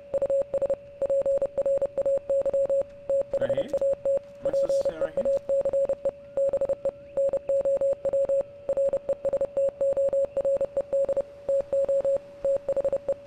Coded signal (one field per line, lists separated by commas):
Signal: Morse code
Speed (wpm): 30 wpm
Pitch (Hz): 550 Hz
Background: speech, radio noise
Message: US PRAY THAT PEACE BE NOW RESTORED TO THE